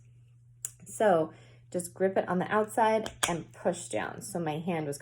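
A roller ball insert is gripped on the outside and pushed down into a small glass essential-oil roller bottle, snapping in with one sharp click at 0.6 seconds while someone talks. The insert is seated.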